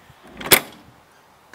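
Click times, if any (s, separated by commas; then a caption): 0.5 s. An older-type Alko caravan hitch head drops onto a car's tow ball as the caravan nose is wound down, with a rising metallic rattle leading into a loud clack at 0.5 s as the metal coupling seats. A green indicator shows it is locked, and a brief faint knock follows at 1.6 s.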